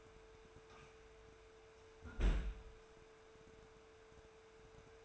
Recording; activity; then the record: daily activity, microphone in the room; close fridge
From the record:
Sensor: 2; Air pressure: 1014.8 hPa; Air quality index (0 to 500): 195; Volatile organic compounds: 17 ppm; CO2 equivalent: 2578 ppm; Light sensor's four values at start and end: 26/64/28/31 and 26/65/28/31